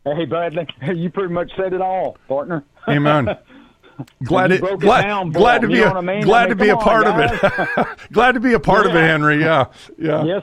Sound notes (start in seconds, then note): 2.8 laughs; 6.2 laughs